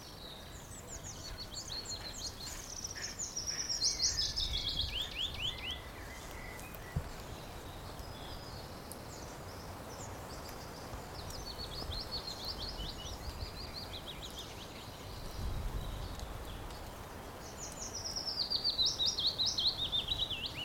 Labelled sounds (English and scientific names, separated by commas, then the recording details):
Willow Warbler (Phylloscopus trochilus)
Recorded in the wild
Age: adult
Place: Blankenfelde, Tegeler Fließ, Berlin, DE
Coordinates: 52.625, 13.404
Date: 1992-04-25 12:31
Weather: böiger Wind, 16-23°C
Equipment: Nagra SN, Mikrofon AKG CK 8, Kopie Tesla B 116
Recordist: Tembrock, Günter